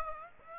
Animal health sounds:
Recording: mosquito wingbeat signal from an infrared sensor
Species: Aedes aegypti

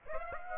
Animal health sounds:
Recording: mosquito wingbeat signal from an infrared sensor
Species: Aedes aegypti

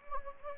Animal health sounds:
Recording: mosquito wingbeat signal from an infrared sensor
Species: Anopheles gambiae

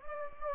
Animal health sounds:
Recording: mosquito wingbeat signal from an infrared sensor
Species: Anopheles gambiae

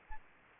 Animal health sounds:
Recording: mosquito wingbeat signal from an infrared sensor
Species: Aedes albopictus

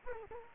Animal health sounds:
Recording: mosquito wingbeat signal from an infrared sensor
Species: Culex quinquefasciatus

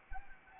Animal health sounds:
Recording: mosquito wingbeat signal from an infrared sensor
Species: Anopheles arabiensis

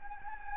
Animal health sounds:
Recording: mosquito wingbeat signal from an infrared sensor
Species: Anopheles gambiae

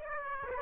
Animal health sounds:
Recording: mosquito wingbeat signal from an infrared sensor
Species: Aedes aegypti

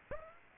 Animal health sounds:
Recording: mosquito wingbeat signal from an infrared sensor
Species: Aedes aegypti

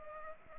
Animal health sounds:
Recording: mosquito wingbeat signal from an infrared sensor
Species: Culex pipiens

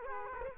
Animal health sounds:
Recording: mosquito wingbeat signal from an infrared sensor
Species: Culex quinquefasciatus

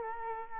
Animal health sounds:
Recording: mosquito wingbeat signal from an infrared sensor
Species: Aedes aegypti

